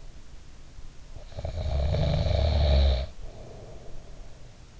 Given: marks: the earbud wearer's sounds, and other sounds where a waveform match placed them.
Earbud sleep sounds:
sounds in sleep by an in-ear microphone; snoring breath
1.13-4.31 s: snoring breath

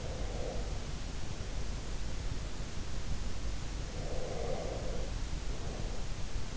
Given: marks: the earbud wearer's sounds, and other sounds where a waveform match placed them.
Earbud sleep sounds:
sounds in sleep by an in-ear microphone; breath
0.04-2.12 s: breath
3.94-6.34 s: breath

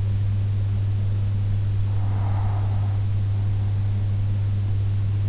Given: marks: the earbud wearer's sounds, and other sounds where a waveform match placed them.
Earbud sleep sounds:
sounds in sleep by an in-ear microphone; breath
1.62-3.62 s: breath

